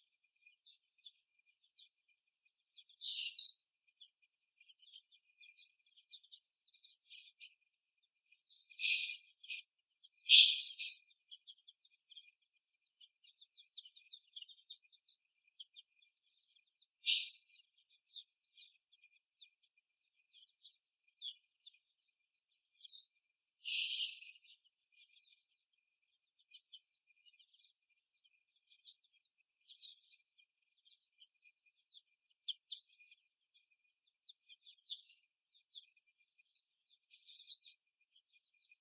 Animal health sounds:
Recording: young laying hens in a cage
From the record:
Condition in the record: after the stressor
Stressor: simulated dog barking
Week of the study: 1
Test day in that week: 2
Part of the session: 1

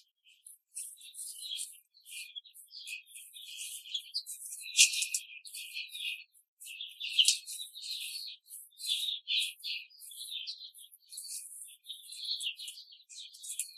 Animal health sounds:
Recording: young laying hens in a cage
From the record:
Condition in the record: control cage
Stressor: none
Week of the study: 5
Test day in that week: 1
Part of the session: 1

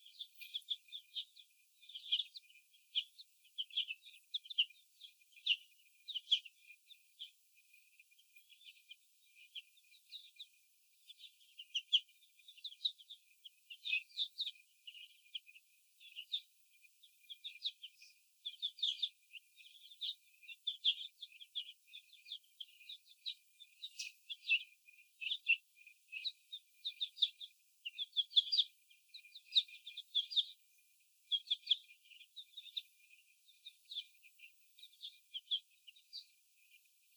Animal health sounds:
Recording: young laying hens in a cage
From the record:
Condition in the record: before the stressor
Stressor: sudden umbrella opening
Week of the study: 2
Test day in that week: 1

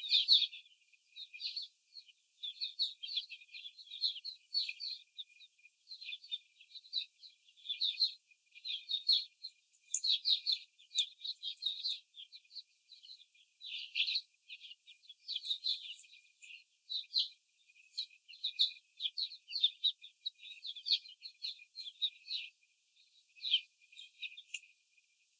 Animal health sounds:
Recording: young laying hens in a cage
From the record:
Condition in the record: after the stressor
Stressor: simulated dog barking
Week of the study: 4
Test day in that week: 3

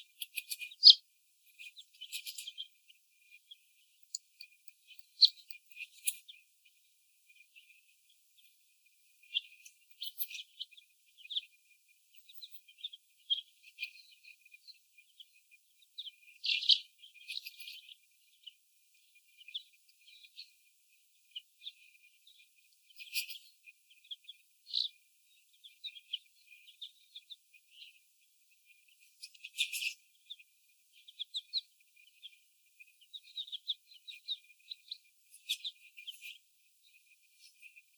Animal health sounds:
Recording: young laying hens in a cage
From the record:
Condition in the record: before the stressor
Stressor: sudden umbrella opening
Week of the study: 1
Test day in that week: 1

